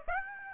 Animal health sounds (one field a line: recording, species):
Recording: mosquito wingbeat signal from an infrared sensor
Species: Aedes aegypti